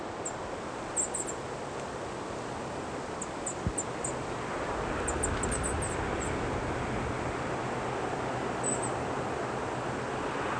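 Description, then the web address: Golden-crowned kinglet calls: very high, thin, brief notes scattered in loose clusters through most, over steady rushing background noise. "kinglets gcki"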